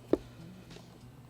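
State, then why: Seated. A heater hose quick-connect end on a 2011-2014 Mustang GT is plugged onto the coolant tube. A single sharp click sounds at 0.1 s, followed by quiet low hum. The coupling locks in place and is seated.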